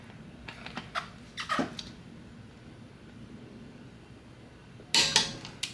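A click-type torque wrench tightens another lug nut on a new wheel of an RX-7, with a few light taps and ratchet-like ticks early on and then a quiet stretch. At 5.0 s the wrench gives a sharp, loud click as it reaches its setting, followed by a brief rattle and one more short tick at the end. The lug nut is torqued to spec.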